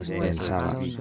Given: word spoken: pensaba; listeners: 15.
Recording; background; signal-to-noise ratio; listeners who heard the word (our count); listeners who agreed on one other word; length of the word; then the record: one Spanish word in noise, from a listening test; four-talker babble; 0.9 dB; 0 of 15; 6 of 15; 0.61 s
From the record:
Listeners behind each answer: 6, 4, 1, 1, 1, 1, 1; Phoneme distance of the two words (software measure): 17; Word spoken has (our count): 3 syllables, 7 phonemes, stress on syllable 2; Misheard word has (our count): 2 syllables, 6 phonemes, stress on syllable 2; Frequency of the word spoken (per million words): 50.15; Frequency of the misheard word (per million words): 136.86